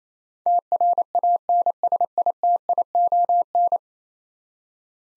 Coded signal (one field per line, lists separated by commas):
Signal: Morse code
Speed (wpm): 28 wpm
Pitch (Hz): 700 Hz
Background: none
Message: TRANSITION